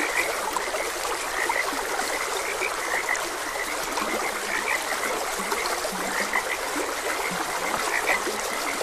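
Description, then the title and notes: Frogs keep up a busy chorus of short croaking notes, some lower calls mixed in, while a stream trickles steadily behind. Frogs croaking beside a gentle stream. "Gentle Stream and Frogs Croaking. Sleep and Relaxation Podcast"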